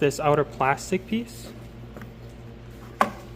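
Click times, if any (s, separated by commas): 3.0 s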